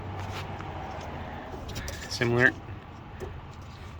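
Someone talks while handling a plastic vacuum line fitting at the purge valve port of a 2008–2016 Smart Car, as part of fixing a P0497 check engine light. Light handling taps at about 0.6 s and 1.9 s are followed by a louder, ringing scrape from about 2.2 to 2.5 s. The fitting has not seated or clicked yet.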